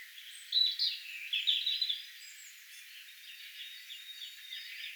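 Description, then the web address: European robin song, a short run of high, tinkling and trilling notes shifting in pitch, followed by quieter faint chirps amid steady background hiss. Robin singing in that particular manner, recorded 6 May 2025. "6 5 2025 tuolla tavoin laulava punarinta"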